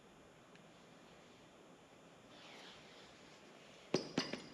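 A connecting rod and piston are worked down onto the crankshaft journal during assembly of a 361 Edsel engine. A faint tick comes at 0.6 s over a low steady hiss, then sharp metallic clinks sound at about 4.0 s and 4.3 s. The rod has not seated or clicked into place yet; it is not fully seated on the crankshaft.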